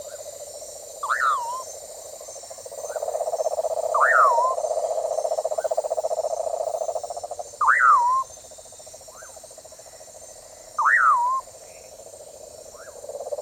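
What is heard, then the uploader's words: Rainforest morning sounds: a steady high insect hiss runs throughout, with a pulsing mid-pitched drone that swells between about three and seven seconds. A bird calls four times with a rising, bending whistle, roughly every three seconds, plus faint short chirps between. British Library - Rainforest Atmosphere Morning (Recorded by Richard Ranft).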